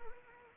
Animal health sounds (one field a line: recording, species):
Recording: mosquito wingbeat signal from an infrared sensor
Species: Anopheles arabiensis